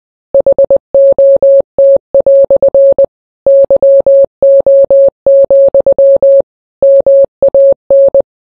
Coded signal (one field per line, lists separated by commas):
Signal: Morse code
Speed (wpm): 20 wpm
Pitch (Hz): 550 Hz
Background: none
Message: HOT" YO, MAN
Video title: the ting goes SKRAA but it's in Morse Code